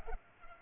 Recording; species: mosquito wingbeat signal from an infrared sensor; Culex pipiens